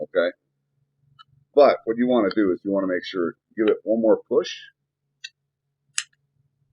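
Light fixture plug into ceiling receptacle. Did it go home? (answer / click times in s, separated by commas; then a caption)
yes / 6.0 s. A light fixture plug is given one more push into its ceiling receptacle while someone talks. A sharp second click at 6.0 s shows the plug locking home and fully seated.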